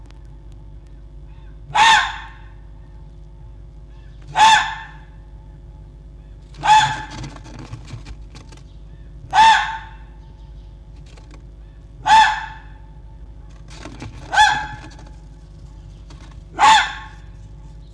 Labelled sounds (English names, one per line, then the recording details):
Red Fox
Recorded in captivity
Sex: male
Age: adult
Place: Zoologisches Institut der HUB, Berlin, DE
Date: 1956-02-22
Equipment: Elmetra
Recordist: Tembrock, Günter